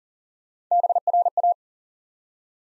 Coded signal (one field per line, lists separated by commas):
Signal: Morse code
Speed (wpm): 40 wpm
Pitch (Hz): 700 Hz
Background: none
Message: BRA